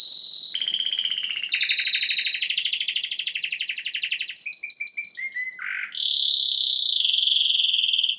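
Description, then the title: Domestic canary song of long continuous rolling trills, a run of short descending notes, a rough buzzy phrase, then another sustained trill. Male Belgian canary singing a lot, used to warm up a young canary. "Canary Training Esquente Seu Filhote E Canario Belga Macho Cantando Muito"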